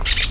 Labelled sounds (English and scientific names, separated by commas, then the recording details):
Brown-throated Parakeet (Eupsittula pertinax) contact call
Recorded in Venezuela
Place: PN Cerro Saroche, Tierras del Sr. Polo, Edo. Lara
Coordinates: 10.171, -69.518